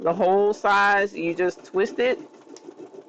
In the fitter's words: and it'll click in place with the size